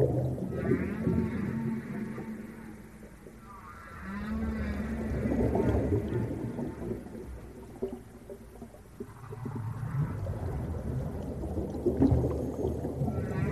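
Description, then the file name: Dolphin buzzing pulsed calls, rapid rasping bursts in several separate episodes, over gurgling low water noise. "Zvuki prirody - Delfiny i kity"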